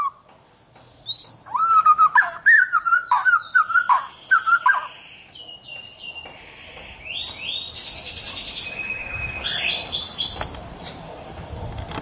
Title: Kicau Murai Batu